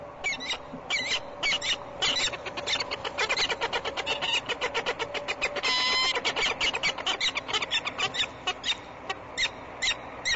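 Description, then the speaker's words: Peregrine Falcon cacking: a rapid, harsh, steady series of short chattering notes, several each second, continuing for about ten seconds. "You are listening to the sound of a peregrine falcon."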